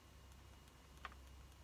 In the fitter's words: Çıt sesi geliyor mu gelmiyor mu? Evet, gördüğünüz gibi.